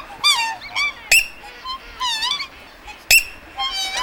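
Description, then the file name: Waterfowl honks and squeaky yelps in short bursts with brief pauses, a few sharp clicks standing out between the calls. "Waterfowl Freejazz Attack"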